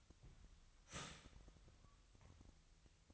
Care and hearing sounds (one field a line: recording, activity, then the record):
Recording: daily activity, microphone in the room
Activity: start toaster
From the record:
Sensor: 3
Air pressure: 1001.9 hPa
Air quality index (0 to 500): 246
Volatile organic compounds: 50 ppm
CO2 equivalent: 3289 ppm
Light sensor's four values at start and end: 13/40/17/15 and 13/40/17/15